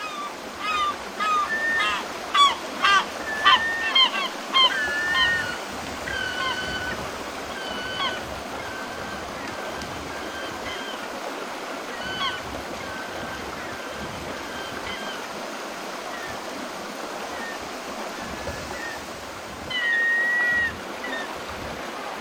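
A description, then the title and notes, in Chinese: Seagulls call in a quick cluster of cries over the first five seconds, then fade, with a steady wash of sea behind and another call near twenty seconds. 海边海鸥声。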